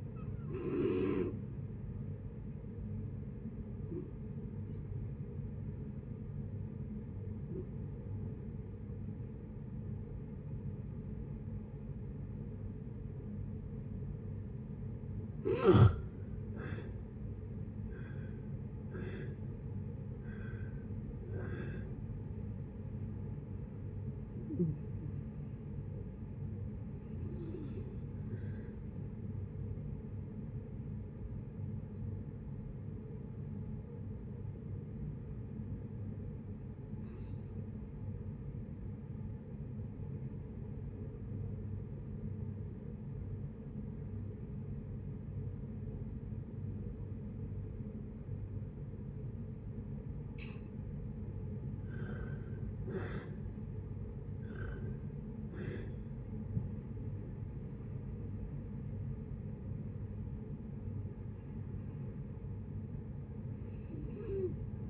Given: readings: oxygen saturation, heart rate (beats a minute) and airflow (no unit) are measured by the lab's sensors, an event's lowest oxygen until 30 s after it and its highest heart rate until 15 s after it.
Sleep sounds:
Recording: breathing in sleep by a smartphone at the bedside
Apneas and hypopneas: 2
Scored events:
3.00-20.40 s: hypopnea (N2, oxygen 93% highest, then 84% lowest, heart rate 68 at the start, 78 highest)
35.00-52.40 s: obstructive apnea (N2, oxygen 97% highest, then 81% lowest, heart rate 58 at the start, 80 highest)
From the record:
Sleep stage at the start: N2 (light sleep)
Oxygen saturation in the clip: 83 to 97%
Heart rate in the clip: 57 to 80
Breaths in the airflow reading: 13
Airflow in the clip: -12.2 to 17.1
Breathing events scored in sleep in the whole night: 496 in 5.4 hours asleep

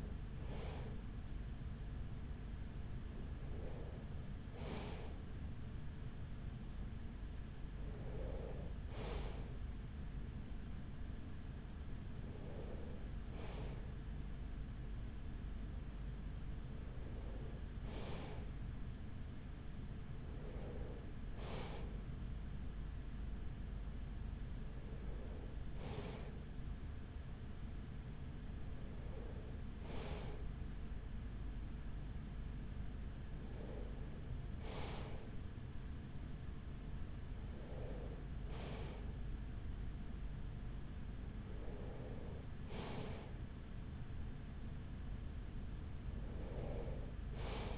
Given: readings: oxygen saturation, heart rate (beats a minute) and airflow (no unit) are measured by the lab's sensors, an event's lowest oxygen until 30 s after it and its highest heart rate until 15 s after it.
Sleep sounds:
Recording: breathing in sleep by a smartphone at the bedside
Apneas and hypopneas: none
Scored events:
42.00-47.78 s: new sleep stage, N2 (light sleep)
From the record:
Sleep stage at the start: N3 (deep sleep)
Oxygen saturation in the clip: 94 to 95%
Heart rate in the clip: 42 to 46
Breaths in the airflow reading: 11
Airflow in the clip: -6.4 to 5.7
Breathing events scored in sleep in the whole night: 207 in 7.6 hours asleep

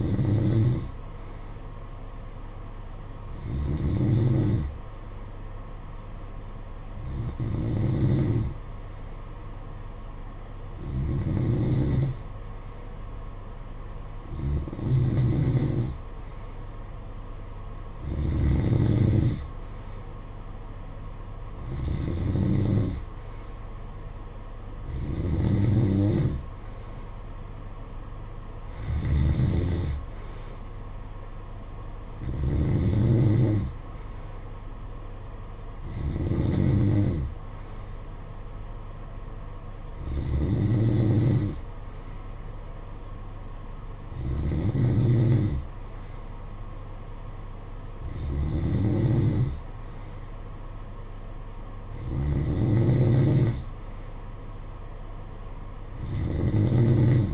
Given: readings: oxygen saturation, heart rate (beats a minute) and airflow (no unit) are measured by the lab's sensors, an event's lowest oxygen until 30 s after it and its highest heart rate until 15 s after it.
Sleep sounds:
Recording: breathing in sleep by a smartphone at the bedside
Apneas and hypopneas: none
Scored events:
none scored
From the record:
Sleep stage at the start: N2 (light sleep)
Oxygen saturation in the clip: 91 to 93%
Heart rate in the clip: 53 to 58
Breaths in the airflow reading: 15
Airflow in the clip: -10.0 to 6.3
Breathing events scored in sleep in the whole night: 476 in 9.7 hours asleep

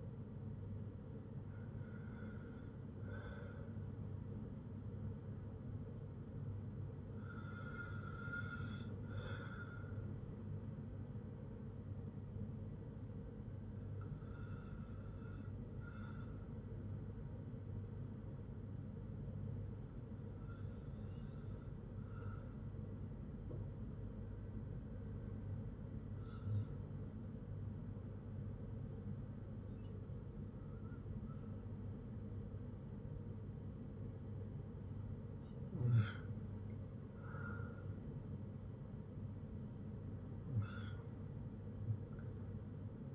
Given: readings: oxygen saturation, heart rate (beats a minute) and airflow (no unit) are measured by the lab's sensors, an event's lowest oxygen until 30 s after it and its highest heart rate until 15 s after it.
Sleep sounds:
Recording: breathing in sleep by a smartphone at the bedside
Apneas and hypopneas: 1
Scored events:
10.00-37.10 s: hypopnea (N1, oxygen 97% highest, then 94% lowest, heart rate 57 at the start, 61 highest)
From the record:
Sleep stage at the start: N1 (lightest sleep)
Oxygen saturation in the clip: 92 to 97%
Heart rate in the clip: 54 to 77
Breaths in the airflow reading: 8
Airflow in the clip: -4.9 to 5.5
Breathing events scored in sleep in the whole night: 182 in 7.4 hours asleep

